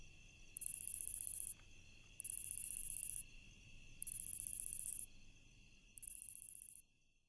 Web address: The Songs of Insects. Lesser Pine Katydid